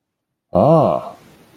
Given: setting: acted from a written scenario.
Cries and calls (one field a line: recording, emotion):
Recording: vocal sound without words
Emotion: adoration